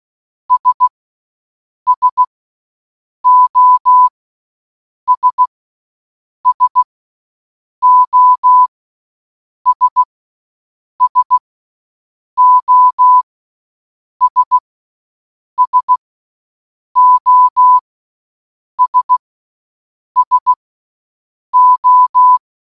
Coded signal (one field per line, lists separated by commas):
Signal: Morse code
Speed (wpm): 16 wpm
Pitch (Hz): 1000 Hz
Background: none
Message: S SOS SOS SOS SOS SO